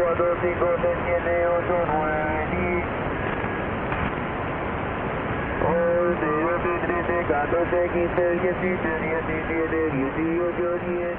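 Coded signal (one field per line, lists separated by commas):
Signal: numbers station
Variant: V21 Cuban Babbler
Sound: continuous fast garbled babbling, like chopped-up voice syllables with jumping pitch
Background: radio static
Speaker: 6, 7, 8, 9, 10. This is the Cuban babbler, Enigma ID V21, the V standing for various voice.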